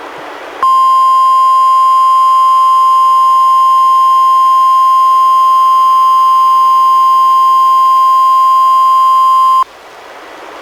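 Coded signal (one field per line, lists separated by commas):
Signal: Emergency Alert System (SAME) tones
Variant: 1050 Hz attention tone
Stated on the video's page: NWR Required Weekly Test from NWS Portland, relayed by an NWR station, received on a Reecom R-1630 weather radio and recorded directly from the radio.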